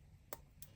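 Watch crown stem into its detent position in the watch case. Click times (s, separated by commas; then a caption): 0.3 s. The winding crown of a mechanical wristwatch is pulled out one step, and its metal stem clicks into its detent position in the watch case for date setting. A sharp, bright click sounds at 0.3 s, followed by a fainter tick at 0.6 s over a low background hum. The stem is seated in the first pulled position.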